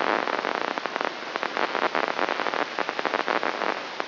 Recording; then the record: brain microelectrode recording played as sound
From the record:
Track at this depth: outside the subthalamic nucleus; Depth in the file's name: 0.714 mm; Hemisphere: left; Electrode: 3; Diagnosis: Parkinson's disease